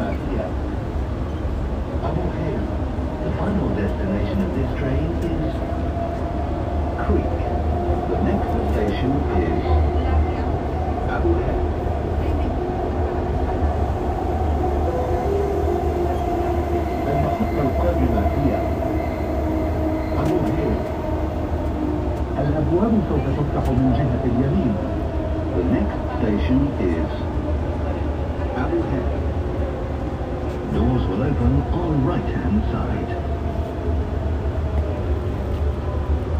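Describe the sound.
A metro ride: a steady, dense low rumble of the train runs throughout, with a rising and falling whine that swells from about 5 to 20 seconds and again near 25. Voices murmur in the background, and faint clicks and rattles come through.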